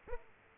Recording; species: mosquito wingbeat signal from an infrared sensor; Aedes aegypti